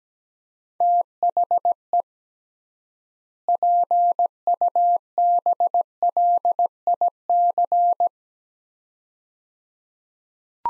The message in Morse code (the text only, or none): THE PUBLIC